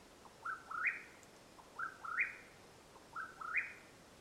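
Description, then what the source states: Mexican whip-poor-will giving three rolling whistled phrases, each a short low note followed by two quick upward-sweeping slurs, steady background hiss. Calling at nightfall in Madera Canyon, Arizona, USA, 21 April 2022.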